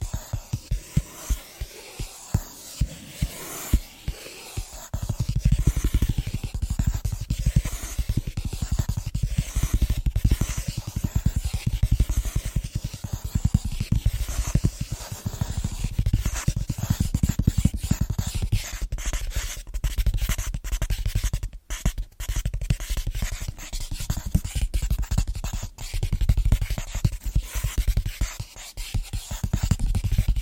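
Fast, rhythmic tapping on different surfaces, a dense run of quick clicks and knocks. The first five seconds are sparser and lighter; after that the taps thicken with a heavier low thump underneath, continuing steadily with brief gaps near 21 and 26 seconds.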